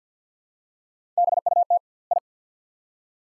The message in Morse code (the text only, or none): BUT I